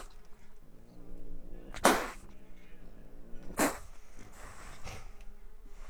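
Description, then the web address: Wildcat making a soft growl, then two explosive spits under two seconds apart, followed by a fainter breathy hiss. Captive wildcat at a zoo, recorded in 2009, dry spitting and hissing. "miskolcizoo 2009 standardt vadmacska szarazatkop esfuj"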